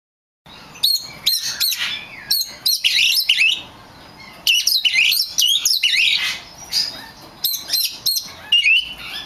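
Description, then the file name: Oriental magpie-robin song of bright, rapidly varied whistles and chirps in several phrases, some slurred up and down, with brief quiet gaps between bursts. Kacer (magpie-robin) of the lutung cebu type. "audio burung kacer lutung cebu. omkicau"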